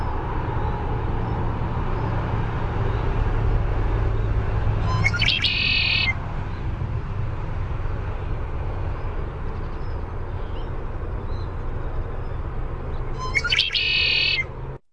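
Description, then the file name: Red-winged blackbird song given twice, roughly eight seconds apart, each a quick note burst and buzzy trill, over a steady low rumbling hum. Contact song of the "cheer" type. "RWBL cheer contact song"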